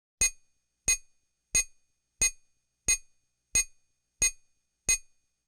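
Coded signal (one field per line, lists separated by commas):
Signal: none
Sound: sound effect library beeps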